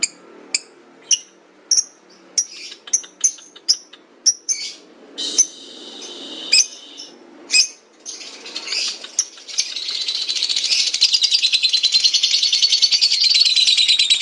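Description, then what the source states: Lovebird chirps: sharp, high notes spaced irregularly for about nine seconds, then breaking into a dense, continuous high-pitched chatter to the end. Lutino lovebird giving the ngekek chattering call, used for training.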